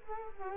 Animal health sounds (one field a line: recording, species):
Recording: mosquito wingbeat signal from an infrared sensor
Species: Culex quinquefasciatus